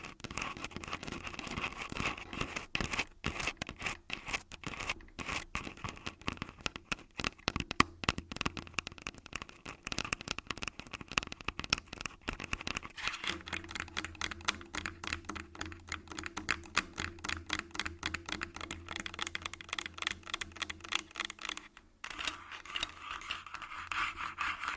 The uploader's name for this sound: Tascam Full Body Tapping & Scratching